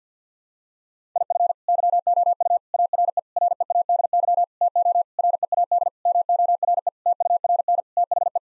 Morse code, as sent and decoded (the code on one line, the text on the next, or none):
.. ..-. / -.-- --- ..- / .- .-. . / .-. . .- -.. -.-- / - --- / .-. . .- -.. / -- --- .-. . / - ..- .-. -. / - .... .
IF YOU ARE READY TO READ MORE TURN THE